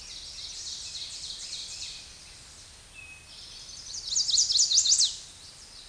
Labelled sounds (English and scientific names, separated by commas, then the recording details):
Ovenbird (Seiurus aurocapilla) song
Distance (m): 35 m
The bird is about 10 m above the microphone
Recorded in a Pennsylvania forest on 16 May 2024 at 07:11
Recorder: AudioMoth, point MSD-0627
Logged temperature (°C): 14.8 °C
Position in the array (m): 145 m, -1 m